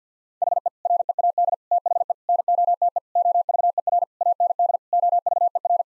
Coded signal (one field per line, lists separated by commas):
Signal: Morse code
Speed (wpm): 50 wpm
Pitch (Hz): 700 Hz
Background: none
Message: HE READ THE NOTE OVER AND OVER